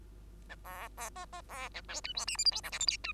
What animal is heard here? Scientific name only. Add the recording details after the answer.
Lonchura striata domestica. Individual Bird2